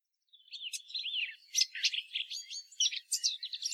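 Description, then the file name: Eurasian blackcap song, opening with soft slurred whistles after a short silence, then a jumble of brighter chirps and scratchy twitters. "Sylvia atricapilla"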